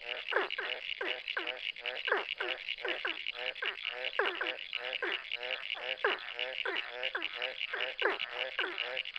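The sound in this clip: Ornate burrowing frog calling: falling notes in a rapid continuous run, against a high steady drone.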